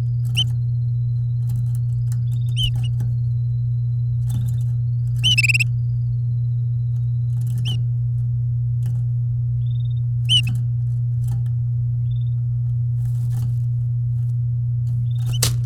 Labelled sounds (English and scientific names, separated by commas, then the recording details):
Domestic Canary (Serinus canaria) song
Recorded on 8 May 2018 at 09:52
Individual llb16